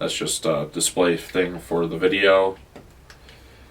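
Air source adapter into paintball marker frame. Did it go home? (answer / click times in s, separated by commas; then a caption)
yes / 3.1 s. Someone talks, then an ASA air adapter is pushed onto the mechanical frame of a Planet Eclipse Gtek 180R paintball marker. A few faint ticks follow, and the adapter pops into place with a small click at 3.1 s, seated.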